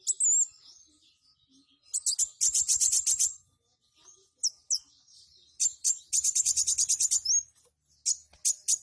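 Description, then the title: Purple-throated sunbird song: a brief high whistle, then bursts of rapid, piercing ticking trills separated by short pauses, with single sharp chips near the end. "Kolibri Wulung"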